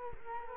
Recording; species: mosquito wingbeat signal from an infrared sensor; Culex quinquefasciatus